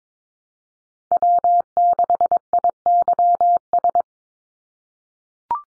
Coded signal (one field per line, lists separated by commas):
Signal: Morse code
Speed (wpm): 22 wpm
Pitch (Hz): 700 Hz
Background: none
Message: W6IYS